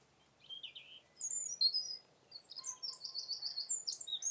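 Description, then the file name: Eurasian wren song: high chattering phrases, a short pause, then a rapid sustained trill of repeated notes. "Troglodytes troglodytes"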